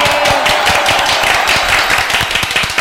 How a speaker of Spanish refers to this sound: Me gustaría, si les parece, un aplauso para todos los estudiantes. ¡Aguante!